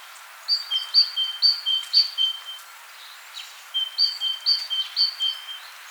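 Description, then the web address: Great tit song: a repeated two-note phrase, high then lower, given about twice a second in two bursts separated by a short pause. "vogelstimmen kohlmeise gesang nabu lars lachmann"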